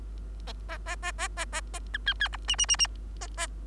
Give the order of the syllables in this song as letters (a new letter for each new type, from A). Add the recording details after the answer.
A A A A A A A B C C D E E E E. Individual Bird3